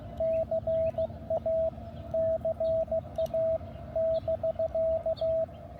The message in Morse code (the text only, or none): CA CA <BK>